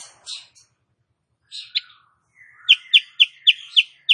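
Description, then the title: Sooty-headed bulbul song: soft scratchy notes, then a quick series of sharp, bright chips. Female, singing energetically; tutor recording for training cage birds. "Masteran Kutilang Sutra KUTILANG SUTRA BETINA GACOR bikin Cucak Kurincang ikutan GACOR"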